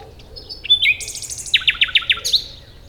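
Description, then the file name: Common nightingale phrase: a clear whistle, a buzzy high trill, then several loud repeated descending notes in quick succession and a final rising flourish. "Luscinia megarhynchos"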